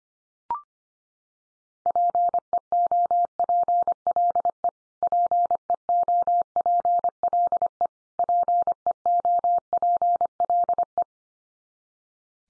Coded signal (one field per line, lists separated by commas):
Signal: Morse code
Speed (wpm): 25 wpm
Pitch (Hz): 700 Hz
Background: none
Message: PEOPLE PEOPLE PEOPLE